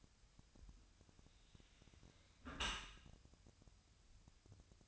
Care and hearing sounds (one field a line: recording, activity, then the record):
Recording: daily activity, microphone in the room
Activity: close dishwasher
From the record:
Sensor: 2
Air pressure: 1006.6 hPa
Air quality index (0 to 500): 201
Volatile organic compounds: 14 ppm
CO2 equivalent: 2457 ppm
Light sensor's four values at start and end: 9/22/9/9 and 9/22/9/9